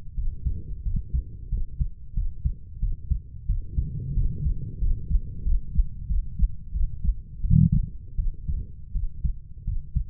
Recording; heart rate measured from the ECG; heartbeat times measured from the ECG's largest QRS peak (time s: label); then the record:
heart sounds by stethoscope; 88 bpm
0.15 s: heartbeat
0.83 s: heartbeat
1.49 s: heartbeat
2.14 s: heartbeat
2.80 s: heartbeat
3.46 s: heartbeat
4.14 s: heartbeat
4.79 s: heartbeat
5.43 s: heartbeat
6.07 s: heartbeat
6.72 s: heartbeat
7.41 s: heartbeat
8.16 s: heartbeat
8.93 s: heartbeat
9.64 s: heartbeat
From the record:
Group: healthy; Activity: rest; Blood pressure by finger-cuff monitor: 121/46 mmHg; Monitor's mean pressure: 69 mmHg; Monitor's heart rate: 91 bpm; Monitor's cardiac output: 11.1 L/min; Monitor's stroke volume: 121 mL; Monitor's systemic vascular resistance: 450 dyn s/cm5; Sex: female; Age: 32 years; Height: 168 cm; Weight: 61.9 kg